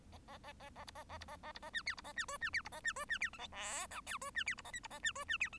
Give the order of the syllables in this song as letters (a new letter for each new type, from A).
A A A A A B A A B A A B A C D B A C E C D B A C E C D F G H I J E C D B A K B A C E C D F